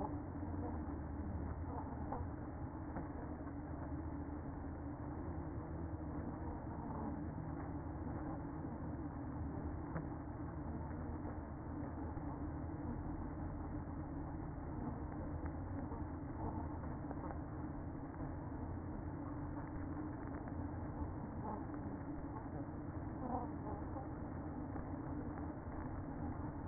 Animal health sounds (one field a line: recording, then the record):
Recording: honeybee colony, microphone inside the hive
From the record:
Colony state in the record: queen present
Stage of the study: after two queens were removed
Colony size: about 60,000 bees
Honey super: yes